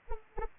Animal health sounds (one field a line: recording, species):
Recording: mosquito wingbeat signal from an infrared sensor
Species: Anopheles arabiensis